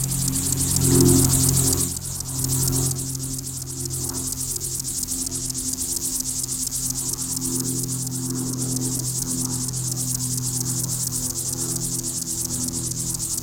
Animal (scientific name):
Chorthippus apricarius